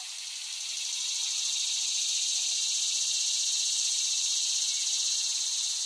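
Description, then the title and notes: Cicada drone, a bright high buzz that rises in volume during the first second, then holds steady. Cicadas recorded by Dan Bodah in West Brighton, Staten Island, in late summer 2008. "Dronecast No. 021: The Cicadas of Summer. Recording of cicadas made by Dan Bodah in West Brighton, Staten Island, late summer 2008"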